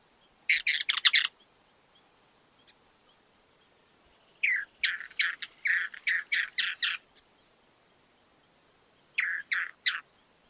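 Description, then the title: Chotoy spinetail calling, three bursts of sharp, scratchy chattering notes: a short cluster, then a longer series of about ten notes, then four more near the end. Subspecies phryganophilus. "LuckyPassaro Completos2Sama. Chotoy Spinetail (Schoeniophylax phryganophilus phryganophilus)"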